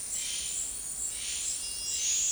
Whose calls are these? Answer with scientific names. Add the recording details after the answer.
Cyanocorax violaceus. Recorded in dense forest near Puerto Asís, Putumayo, Colombia, on 20 February 2024 at 12:30. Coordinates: 0.485, -76.318. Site G6408